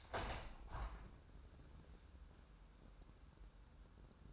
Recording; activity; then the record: daily activity, microphone in the room; open window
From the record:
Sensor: 2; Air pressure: 997.8 hPa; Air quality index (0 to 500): 135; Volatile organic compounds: 3 ppm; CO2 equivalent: 1518 ppm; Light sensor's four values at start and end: 11/31/13/12 and 11/31/13/12